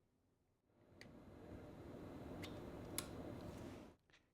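A temperature probe connector is plugged into the correct port on a data logger, with soft rustling handling noise from about 0.6 to 3.9 s and a faint tick near 1.0 s. A sharp click at 3.0 s marks the connector seating in the port.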